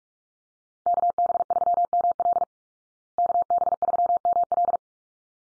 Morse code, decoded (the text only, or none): KB3ML KB3ML